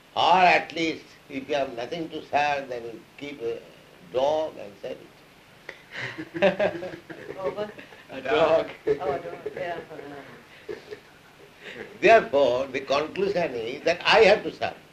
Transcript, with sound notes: or at least if you have nothing to serve, then you keep a dog and serve it. [laughter]
Or what?
A dog.
Oh, a dog, yeah.
Therefore, the conclusion is that I have to serve.